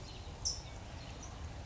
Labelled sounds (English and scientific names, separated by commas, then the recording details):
California Towhee (Melozone crissalis)
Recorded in Sonoma County, California